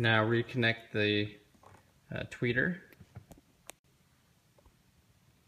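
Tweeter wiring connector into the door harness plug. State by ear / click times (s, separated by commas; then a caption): seated / 3.7 s. Someone talks while reconnecting the tweeter wiring connector into the door harness plug during a door panel reinstall on a 1994–2004 Ford Mustang. After a faint tick at 3.3 s, a sharp, short click at 3.7 s stands out above the near-silent background as the connector seats.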